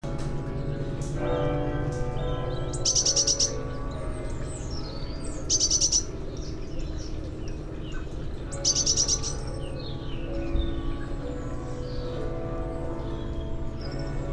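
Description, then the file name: Eurasian blue tit calls in short, high, rapidly pulsed bursts, three of them a few seconds apart, over steady low rumbling noise, with other small birds chirping thinly. "Cyanistes caeruleus"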